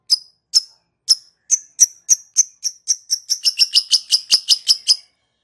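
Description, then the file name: Lovebird chirping in a run of sharp high notes that grows faster, turning into a rapid, even chatter before stopping. Lovebird giving its ngekek song. "suara burung lovebird ngekek"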